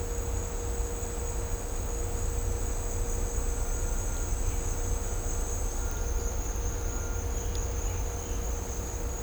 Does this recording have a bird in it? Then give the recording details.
no. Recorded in dense forest near Puerto Asís, Putumayo, Colombia, on 18 December 2024 at 10:30. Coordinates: 0.503, -76.323. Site G043